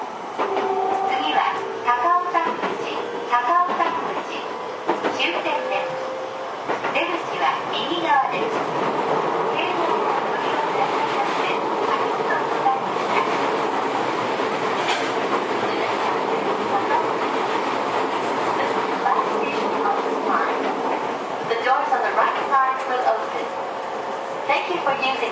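A Toei 10-300 series train running between Shinjuku and Takaoguchi, its steady mid-pitched rumble and rolling hum continuing throughout. Faint voices come and go, and occasional short clicks and rattles from the wheels cut through, with a brief tonal whine near the start.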